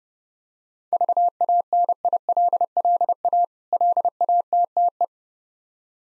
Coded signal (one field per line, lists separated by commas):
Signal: Morse code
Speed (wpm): 30 wpm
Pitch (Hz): 700 Hz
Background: none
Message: VANILLA LATTE